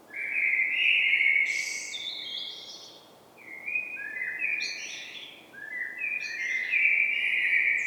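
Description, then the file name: Common blackbird song in three mellow warbled phrases, each sliding into a higher, squeaky twittering flourish, with brief pauses between phrases. "Turdus merula"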